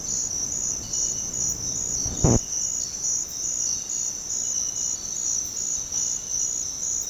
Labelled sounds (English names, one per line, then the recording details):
none
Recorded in dense forest near Puerto Asís, Putumayo, Colombia, on 19 February 2024 at 06:30
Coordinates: 0.486, -76.316
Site G6437